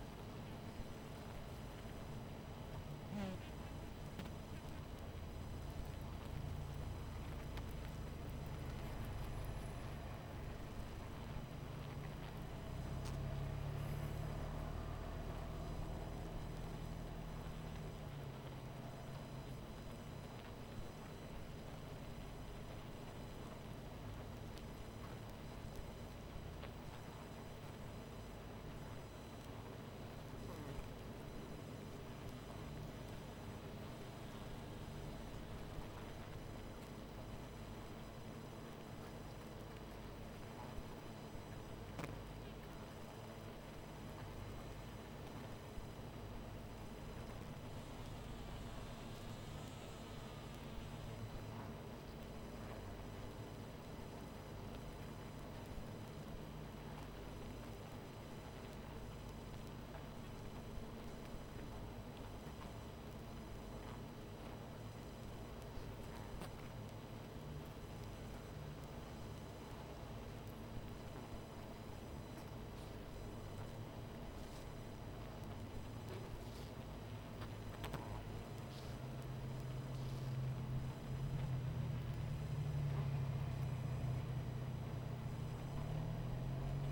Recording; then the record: honeybee colony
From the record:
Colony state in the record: missing queen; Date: 14 July 2017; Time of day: 22:30